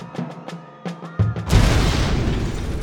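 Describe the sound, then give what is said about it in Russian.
A bomb planted under the foundation of a conference building explodes: several sharp bangs lead into a sudden loud, deep blast that keeps roaring and rumbling steadily to the end. “Заложенная под фундамент бомба не просто уничтожила здание конференции СПС, но и обрушила”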